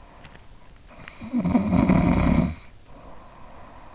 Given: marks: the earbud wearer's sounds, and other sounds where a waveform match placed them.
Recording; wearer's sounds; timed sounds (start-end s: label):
sounds in sleep by an in-ear microphone; snoring breath
0.97-3.54 s: snoring breath